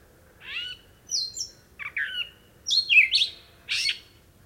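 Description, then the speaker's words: Gray Catbird singing short, scratchy, slurred notes and whistled phrases, each burst different, with short gaps between them over a quiet background. Lone catbird singing a night song. "Here, a lone catbird sings a beautiful night song as frogs croak and bellow in the distance."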